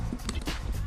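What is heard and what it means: A plastic ball-and-socket attachment on a dinosaur head is handled against the back of a magnetic toy dinosaur body, with light rustling and short taps at about 0.3 s and 0.4 s over a low background hum. Nothing has seated or clicked yet.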